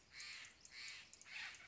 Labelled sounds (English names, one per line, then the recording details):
Steller's Jay
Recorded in Sonoma County, California